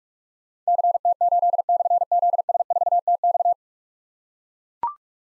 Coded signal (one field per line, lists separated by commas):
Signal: Morse code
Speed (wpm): 44 wpm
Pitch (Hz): 700 Hz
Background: none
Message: CT8/ZS4TX